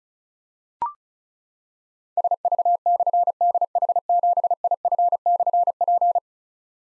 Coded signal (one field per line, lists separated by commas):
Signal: Morse code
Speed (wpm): 36 wpm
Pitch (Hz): 700 Hz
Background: none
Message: SV/DH7IF/P